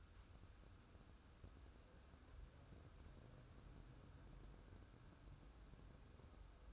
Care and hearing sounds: daily activity, microphone in the room; wipe stove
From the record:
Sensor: 2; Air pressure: 1015.0 hPa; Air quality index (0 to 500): 57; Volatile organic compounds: 1 ppm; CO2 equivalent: 682 ppm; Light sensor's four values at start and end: 13/35/14/15 and 13/35/14/15

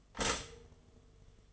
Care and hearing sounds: daily activity, microphone in the room; stop toaster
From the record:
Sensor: 4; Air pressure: 1015.5 hPa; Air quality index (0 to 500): 198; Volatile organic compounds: 10 ppm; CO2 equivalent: 2212 ppm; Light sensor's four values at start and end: 4/9/3/3 and 4/9/3/3

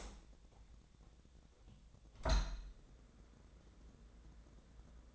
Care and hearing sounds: daily activity, microphone in the room; open window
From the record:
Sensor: 3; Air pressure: 1012.3 hPa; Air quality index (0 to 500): 144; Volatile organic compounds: 2 ppm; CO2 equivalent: 1113 ppm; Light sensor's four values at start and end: 333/820/340/337 and 333/816/339/337

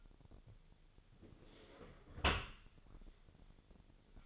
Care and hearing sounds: daily activity, microphone in the room; close dishwasher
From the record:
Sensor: 4

